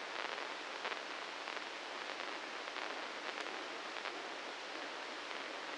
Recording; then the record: brain microelectrode recording played as sound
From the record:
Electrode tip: inside the subthalamic nucleus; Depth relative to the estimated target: 0 mm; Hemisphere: right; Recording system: NeuroSet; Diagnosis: Parkinson's disease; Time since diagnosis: 9 years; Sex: male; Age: 61 years